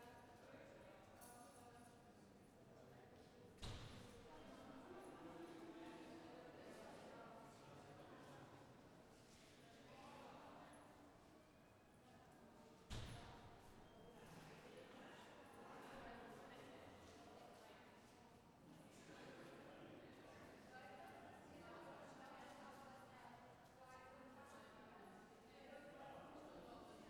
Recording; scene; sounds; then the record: everyday scene through a hearing-aid microphone; reverberant space; background noise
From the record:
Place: railway station hall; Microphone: behind the ear, left, rear